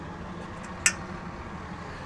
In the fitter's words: As you can see, it'll lock into place.